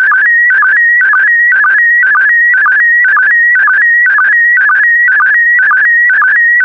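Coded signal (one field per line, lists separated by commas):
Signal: SSTV (slow-scan television)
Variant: PD120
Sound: warbling tone stepping between two pitches, with a low blip about twice a second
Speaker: the next image transmission will start in 10 seconds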